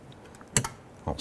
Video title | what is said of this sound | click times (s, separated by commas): How to Replace Rear Window Regulator 2012-2017 Toyota Camry | snap into place | 0.6 s